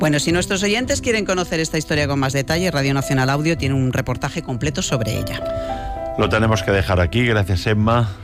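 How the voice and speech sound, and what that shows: Fluent adult male Spanish speech at an easy, even pace; clear, ordinary voice with faint steady tones briefly behind.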